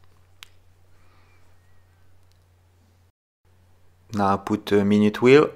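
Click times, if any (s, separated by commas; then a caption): 0.4 s. A friction-mounted steel cannon pinion is pressed down onto its arbor in an Omega Dynamic vintage watch movement, Cal 613, Ref 136.0033, during restoration. It seats with a single sharp click at 0.4 s over a faint low hum, followed by near silence. Someone talks from about 4.1 s.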